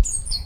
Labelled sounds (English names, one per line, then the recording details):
Stitchbird song
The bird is a male
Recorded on Tiritiri Matangi Island, New Zealand, in 2005
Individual 14, of nest box 20